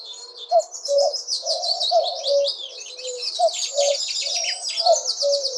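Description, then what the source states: Common cuckoo calling its falling two-note cu-coo several times, while other birds sing dense, high twittering phrases throughout. Tophill Low Nature Reserve, 6 am, Easter Sunday 2014.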